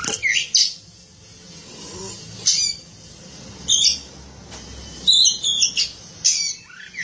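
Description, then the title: Oriental magpie-robin producing brief, spaced phrases of high chips, whistles and scratchy notes, with longer pauses between them and a low background hum. Song of the kacer. "Suara Kicauan Burung Kacer"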